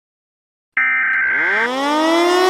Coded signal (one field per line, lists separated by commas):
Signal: Emergency Alert System (SAME) tones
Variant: header bursts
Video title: The Sinkhole | EAS Scenario |